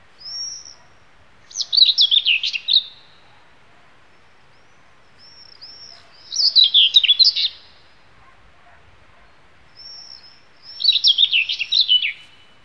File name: Sylvia Communis Slavka Gray